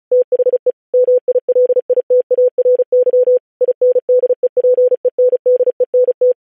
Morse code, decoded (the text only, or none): THE MILITARY INDEPENDENT